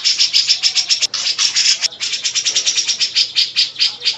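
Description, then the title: Grey-cheeked bulbul song: dense, rapid chattering of harsh high notes, with a brief break near one second. Long-duration master song used for training songbirds. "Cucak Jenggot Masteran Durasi Panjang"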